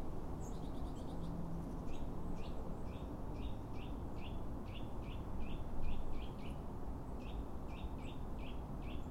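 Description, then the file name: Eurasian nuthatch calling: a steady run of short, sharp mid-pitched notes, about two or three per second, over a constant low rumble, with some thin high chirps near the start. "Sitta europaea"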